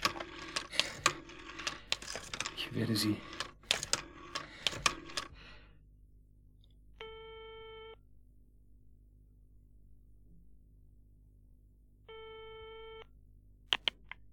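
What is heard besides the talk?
telephone number being dialed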